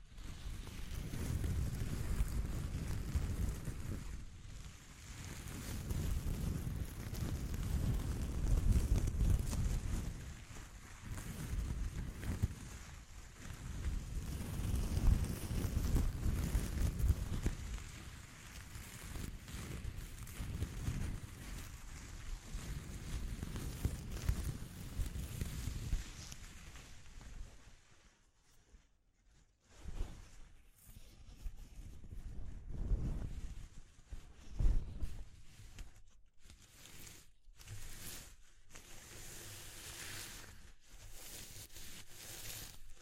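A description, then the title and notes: A textural recording of dense, rumbling noise, like wind buffeting a microphone, that surges and ebbs every few seconds with a steady hiss on top. Around 28 seconds it drops almost to silence, then returns thinner and choppier, in broken bursts. ASMR Exploring Textures (No Talking).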